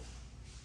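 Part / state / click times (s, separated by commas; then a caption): lift safety lock into lock notch on lift column / not seated / none. A portable vehicle lift is lowered back onto the lock notch on its lift column, but the safety lock fails to catch. Only a steady, broadband shuffling noise with a low hum is heard for 0.7 seconds, with no sharp latch sound. Nothing has seated or clicked yet.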